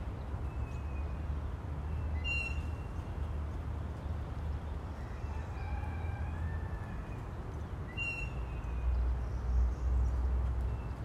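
Backyard ambience with a steady low rumble underneath, like a plane passing overhead, growing slightly stronger toward the end. Two crisp, bright bird chirps ring out near the two- and eight-second marks, with faint thin calls drifting in the distance between them.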